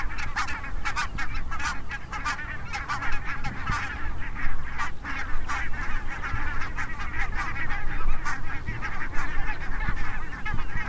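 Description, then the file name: Barnacle goose: barnacle geese in a flock, giving a continuous chorus of short, yapping, bark-like honks that overlap throughout, over a steady low rumble. "weisswangengans"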